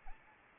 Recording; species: mosquito wingbeat signal from an infrared sensor; Anopheles arabiensis